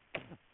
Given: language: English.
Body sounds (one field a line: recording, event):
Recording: throat vibration sensor signal played as sound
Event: cough